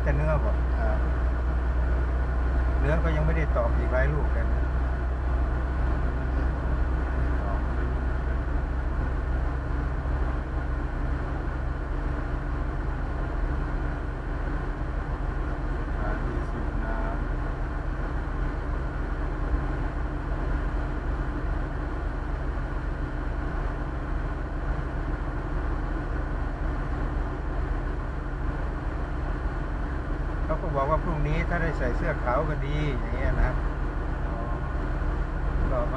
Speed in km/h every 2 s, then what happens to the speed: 64, 64, 64, 65, 64, 65, 65, 66, 67, 68, 66, 67, 69, 68, 68, 68, 69, 68.
0-36 steady at about 66.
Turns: none.